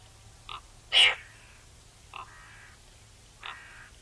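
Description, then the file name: Eurasian magpie calling: a soft note, one loud harsh note, then softer, more drawn-out rasping notes. "Pica pica"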